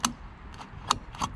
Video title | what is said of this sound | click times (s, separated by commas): 2000-10 Toyota Camary Gas Cap Replacement | And you're going to listen for the clicks. | 0.0 s, 0.9 s